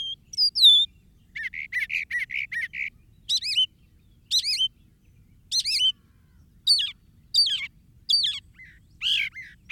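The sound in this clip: Northern mockingbird song, with a falling whistle, a run of repeated raspy notes, then sharp upward-sweeping chirps given singly or in pairs every second or so.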